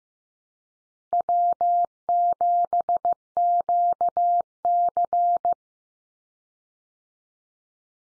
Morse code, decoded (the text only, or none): W7QC